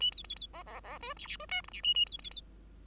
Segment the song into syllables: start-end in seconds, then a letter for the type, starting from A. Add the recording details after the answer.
0.00-0.11 A, 0.12-0.23 B, 0.24-0.35 B, 0.36-0.47 B, 0.53-0.63 C, 0.66-0.80 C, 0.83-0.98 C, 1.01-1.13 D, 1.16-1.27 E, 1.27-1.36 E, 1.39-1.46 D, 1.49-1.62 F, 1.64-1.70 G, 1.71-1.81 E, 1.83-1.94 A, 1.94-2.05 A, 2.06-2.17 B, 2.19-2.30 B, 2.31-2.41 B. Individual Bird5